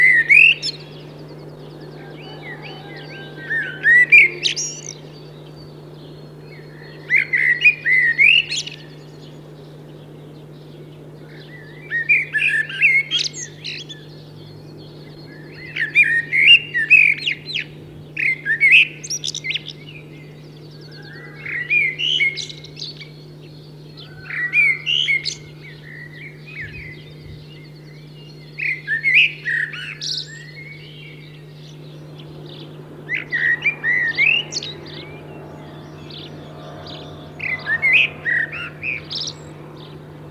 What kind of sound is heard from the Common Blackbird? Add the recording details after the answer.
song. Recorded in the wild. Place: Bergen, Insel Rügen, Mecklenburg-Vorpommern, DE. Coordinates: 54.415, 13.426. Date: 1976-04-27. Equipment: Nagra III BH, Sennheiser MD 21, parabola. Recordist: Schubert, Michael